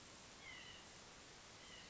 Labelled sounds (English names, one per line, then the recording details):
White-breasted Nuthatch
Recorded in Sonoma County, California